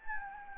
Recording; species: mosquito wingbeat signal from an infrared sensor; Anopheles gambiae